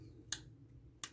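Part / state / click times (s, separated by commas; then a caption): slide with guide rod laser onto pistol frame / seated / 0.3 s, 1.0 s. A Glock 17L slide assembly, fitted with a Lasermax guide rod laser and its compressed recoil spring, is worked back onto the polymer pistol frame. Two sharp metallic clicks ring out at 0.3 s and 1.0 s over a low background hum, and someone talks. The slide seats into place on the frame.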